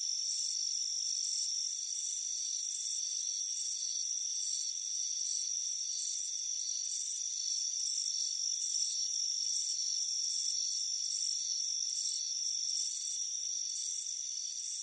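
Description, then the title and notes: Steady, high-pitched cricket chirping, pulsed bursts following one another almost continuously over a thin constant hum. Chirping crickets on a warm afternoon at a front porch. "Soothing Crickets Chirping Sound. It's a warm afternoon as you relax in a hammock on the front porch"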